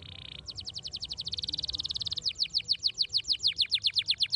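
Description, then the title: Canary song: a short flat whistle, then a rapid high trill that slows into loud, evenly repeated downslurred whistled notes. Belgian canary song played to warm up young canaries and make them active and singing. "Canto Para Esquentar Canário Belga. RANGSANGAN SUARA BURUNG KENARI GACOR - BIKIN KENARI MUDA JADI AKTIF BUNYI DAN BERKICAU"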